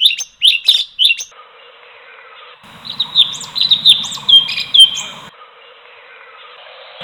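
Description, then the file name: Bulbul song, a few sharp chirps at the start, then a run of liquid whistled notes with a soft low rumble underneath. "kompilasi suara kicauan cucak cungkok omkicau"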